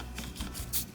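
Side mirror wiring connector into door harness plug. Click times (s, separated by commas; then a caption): 0.2 s. A new side mirror's wiring connector on a Chevy Silverado is pushed into its mating harness plug inside the door. A short click is heard at 0.2 s among soft rustling and handling noise. The connector is seated.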